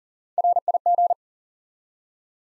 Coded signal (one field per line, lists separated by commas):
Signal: Morse code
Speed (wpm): 40 wpm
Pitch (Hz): 700 Hz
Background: none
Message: RIG